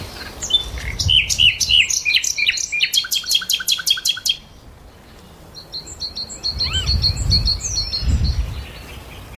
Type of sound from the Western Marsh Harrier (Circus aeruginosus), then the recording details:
call. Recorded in the wild. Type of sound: call. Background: Luscinia megarhynchos, Remiz pendulinus, Parus major. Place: Karower Teiche, Berlin, DE. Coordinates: 52.6222, 13.46. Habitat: pond. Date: 1988-05-01 10:22. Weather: sunny, 17-25°C. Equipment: Nagra SN, Kopie Tesla B 116. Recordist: Tembrock, Günter. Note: Karower Fischteiche. Rufe. Dazwischen Nachtigall, Kohlmeise und Beutelmeise